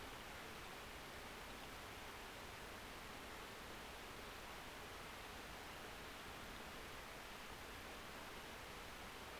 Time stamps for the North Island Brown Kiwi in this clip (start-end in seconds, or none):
none